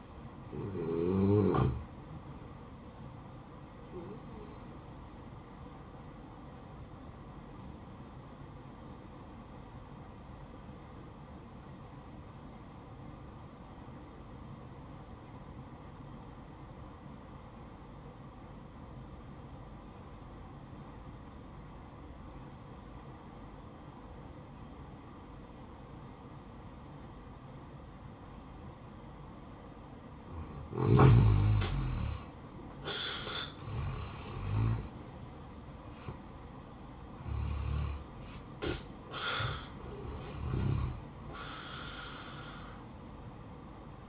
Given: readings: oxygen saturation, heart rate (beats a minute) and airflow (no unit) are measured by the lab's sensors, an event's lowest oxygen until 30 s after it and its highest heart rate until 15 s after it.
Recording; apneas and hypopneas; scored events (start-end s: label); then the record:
breathing in sleep by a smartphone at the bedside; 1
7.00-33.40 s: hypopnea (N1, oxygen 95% highest, then 83% lowest, heart rate 62 at the start, 78 highest)
From the record:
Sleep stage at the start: N1 (lightest sleep); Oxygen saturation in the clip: 83 to 95%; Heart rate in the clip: 60 to 78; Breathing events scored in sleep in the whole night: 573 in 9.8 hours asleep